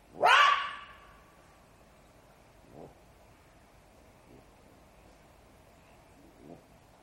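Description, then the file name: Jackal giving one loud, rising yelp with a ringing tail, followed by a few faint, soft notes. "zvuki shakala"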